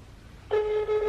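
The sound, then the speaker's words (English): A phone ringback tone starts abruptly after a short quiet stretch, a steady mid-pitched electronic hum that holds loud and even, dipping briefly before continuing. “Oh my god, it's ringing.”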